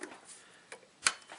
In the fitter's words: That's back in there. It's a good sound when you hear it snap.